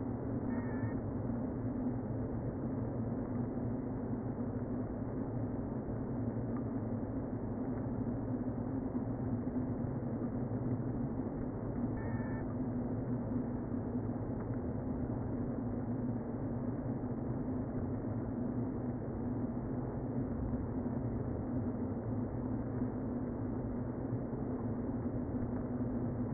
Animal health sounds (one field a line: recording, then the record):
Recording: honeybee colony, microphone inside the hive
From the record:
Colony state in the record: queen present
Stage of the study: before two queens were removed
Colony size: about 60,000 bees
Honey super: yes